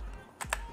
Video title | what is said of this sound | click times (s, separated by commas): Testing the DJI Mic across TWO BUILDINGS! | and it snaps right in and then this is the microphone | 0.5 s